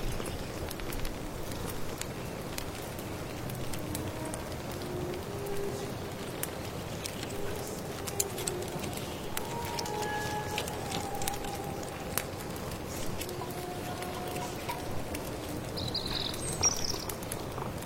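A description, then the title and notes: Birdsong over a steady bed of crackling and rustling, like rain and burning firewood. Low cooing calls drift through at intervals, while small sharp clicks and pops scatter throughout. A brighter chirp stands out near sixteen seconds. Stir your magic amulet soup, accompanied by birdsong, firewood, rustling rain.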